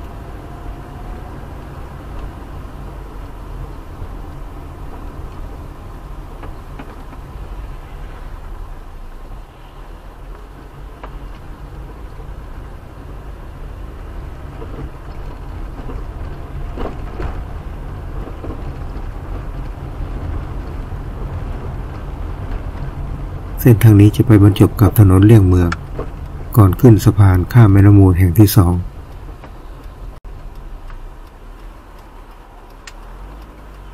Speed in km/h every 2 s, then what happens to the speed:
22, 23, 22, 17, 11, 12, 15, 18, 22, 25, 27, 28, 24, 20, 15, 9, 6.
4-9 slows to 11. 9-22 speeds up to 28. 22-34 slows to 6.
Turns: none.